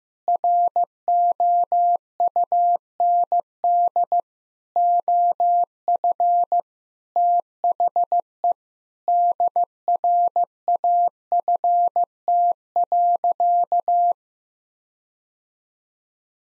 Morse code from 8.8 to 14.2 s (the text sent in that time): DRAFT.